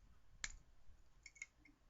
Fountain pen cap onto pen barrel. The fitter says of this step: snaps on and off audible click have a